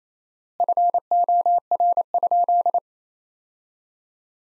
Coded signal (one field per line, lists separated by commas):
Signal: Morse code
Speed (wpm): 27 wpm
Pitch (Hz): 700 Hz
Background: none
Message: FOR?